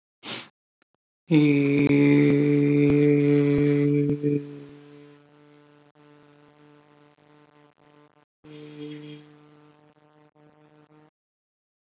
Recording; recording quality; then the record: sustained vowel as in made; excellent, no background noise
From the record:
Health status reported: COVID-19 positive, mild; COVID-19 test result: positive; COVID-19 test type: RT-PCR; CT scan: not taken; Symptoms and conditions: cold, sore throat, fever, hypertension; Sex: male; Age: 24 years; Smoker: no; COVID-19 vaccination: both doses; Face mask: not worn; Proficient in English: yes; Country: India